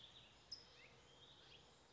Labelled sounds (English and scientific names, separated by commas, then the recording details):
California Towhee (Melozone crissalis)
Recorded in Sonoma County, California